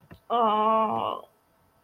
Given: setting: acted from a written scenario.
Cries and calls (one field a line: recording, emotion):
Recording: vocal sound without words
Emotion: pain